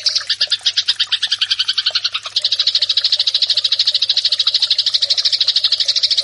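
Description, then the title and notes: Eurasian tree sparrow song of quick repeated chirps, at first spaced and slightly dropping, then merging into a dense, steady rattling chatter for the rest. Fighting-style sparrow song, used as a master recording to train birds to fight. "GEREJA TARUNG. burung gereja"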